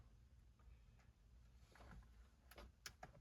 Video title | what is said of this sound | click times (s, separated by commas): Honda Accord Android Radio unbox and installation. May 2026 | That snaps in there. | 2.9 s